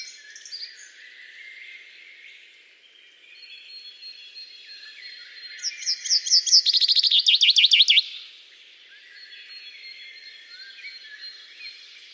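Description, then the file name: Common chaffinch song: one fast series of notes lasting about two and a half seconds that drops in pitch, with faint other birdsong behind. "Fringilla coelebs"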